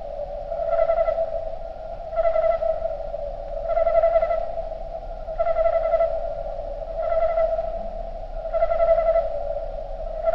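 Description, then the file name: Crickets slowed down, a continuous humming drone with regular rounded pulses about every one and a half seconds, each rich in overtones. "Sound Of Crickets Slowed Down"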